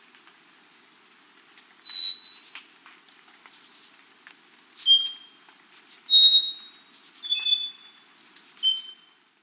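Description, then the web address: Andean solitaire song: clear, high, flute-like whistled notes in short tumbling phrases, each lasting about a second and repeated with brief pauses. No other sounds. South America, Andes. "Natures Songs S America Andean Birds. Andean Solitaire (Myadestes Ralloides)"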